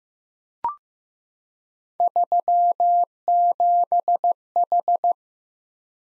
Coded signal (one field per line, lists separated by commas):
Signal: Morse code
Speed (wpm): 15 wpm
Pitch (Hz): 700 Hz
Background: none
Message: 37H